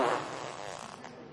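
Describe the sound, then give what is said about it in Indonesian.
A person mimics a fart with their mouth: one sustained, buzzy, sputtering raspberry that lasts just over a second and tapers off slightly at the end. “Pak, kalau berjamaah tadi subuh, Pak Imam kentut.”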